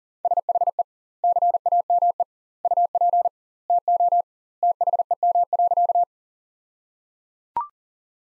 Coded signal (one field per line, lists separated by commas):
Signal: Morse code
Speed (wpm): 37 wpm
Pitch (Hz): 700 Hz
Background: none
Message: SHE CAME UP TO THEM.